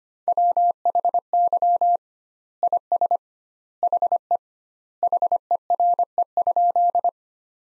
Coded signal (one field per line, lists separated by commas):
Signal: Morse code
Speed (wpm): 25 wpm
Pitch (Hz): 700 Hz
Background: none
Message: WHY IS HE HERE?